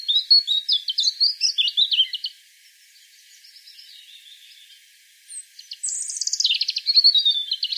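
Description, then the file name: European robin singing quick warbled trills, pausing with faint notes, then a high, bright phrase that slides lower into rapid twitters. "Erithacus rubecula"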